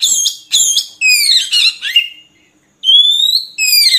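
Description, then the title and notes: Oriental magpie-robin song: quick harsh chattering notes and falling slurs, then a clear rising whistle after a brief pause. Long-duration filler song (isian) for training captive magpie-robins to sing vigorously day and night. "Kacer Jadi Gacor Siang Malam. Isian Kacer Durasi Panjang"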